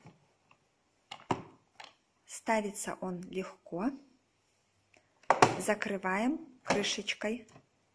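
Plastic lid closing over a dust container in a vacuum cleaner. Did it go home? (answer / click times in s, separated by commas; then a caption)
no / none. A Bosch BGS 62530 ProPowerPlus Relaxx bagless vacuum cleaner has its dust container set in place, and the plastic lid is being closed over it. Someone talks throughout, with a few brief handling taps, the sharpest near 1.3 s and 5.3 s. The lid has not snapped shut or clicked yet.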